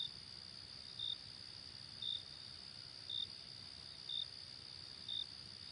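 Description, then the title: Cricket chirps, short high pulses repeated roughly every second over a continuous shrill insect drone. Night ambience. "Night Ambience with Cricket Sound"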